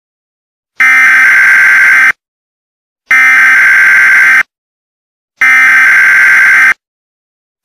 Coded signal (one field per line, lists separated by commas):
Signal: Emergency Alert System (SAME) tones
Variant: header bursts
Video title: EAS Scenario #44 The Ultimate Verneshot - ThePhoenixFire Remake